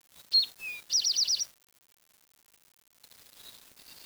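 Bird calls: a high chirp and a low thin whistle, followed by a fast buzzy trill of repeated high notes, then quiet with faint background hiss.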